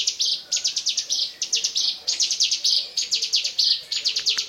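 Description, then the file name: Bar-winged prinia, fast high trilled song bursts, some clipped and some longer, tumbling one after another with only split-second gaps between. "ciblekmonster"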